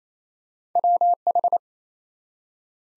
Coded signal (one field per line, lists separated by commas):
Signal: Morse code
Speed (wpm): 27 wpm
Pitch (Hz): 700 Hz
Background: none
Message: WH